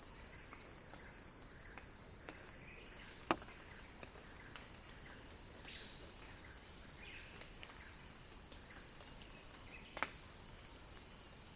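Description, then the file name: Cicada song, an intense sustained high hum, with two sharp clicks and some faint notes. Cicada song building as a crescendo. "earth-fm Axel-Drioli Cicada-Crescendo-Sounding-Wild"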